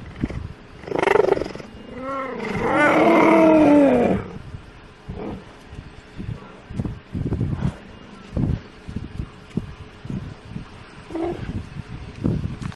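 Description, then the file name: Cheetah calls: a short, rough cry, then a loud, drawn-out moaning call rich in harmonics, then a string of short, soft grunting pulses. "zvuki geparda"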